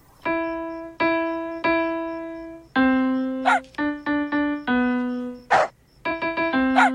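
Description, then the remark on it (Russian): A Saint Bernard puppy named Beethoven lets out a run of high, tonal barks and yips, a few drawn-out ones first and then quicker bursts, with no one talking. “Найден щенок Сен-Бернара.”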